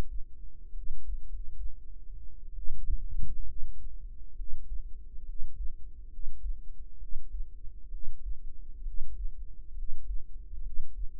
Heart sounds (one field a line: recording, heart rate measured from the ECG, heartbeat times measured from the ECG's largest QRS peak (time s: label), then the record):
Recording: heart sounds by microphone in the right ear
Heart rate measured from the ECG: 67 bpm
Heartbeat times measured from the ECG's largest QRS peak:
0.71 s: heartbeat
1.25 s: heartbeat
2.53 s: heartbeat
3.43 s: heartbeat
4.33 s: heartbeat
5.23 s: heartbeat
6.07 s: heartbeat
6.96 s: heartbeat
7.88 s: heartbeat
8.81 s: heartbeat
9.72 s: heartbeat
10.60 s: heartbeat
From the record:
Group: healthy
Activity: rest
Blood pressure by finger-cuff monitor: 110/70 mmHg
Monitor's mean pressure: 80 mmHg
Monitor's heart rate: 65 bpm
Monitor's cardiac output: 5.4 L/min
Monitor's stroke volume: 82 mL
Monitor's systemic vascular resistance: 1070 dyn s/cm5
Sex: female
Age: 22 years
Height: 171 cm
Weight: 65.6 kg